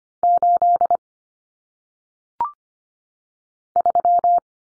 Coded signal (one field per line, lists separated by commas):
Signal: Morse code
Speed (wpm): 25 wpm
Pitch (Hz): 700 Hz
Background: none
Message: 8 3